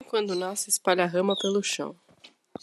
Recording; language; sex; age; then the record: short text; Brazilian Portuguese; female; 20 to 29 years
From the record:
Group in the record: control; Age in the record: 23 years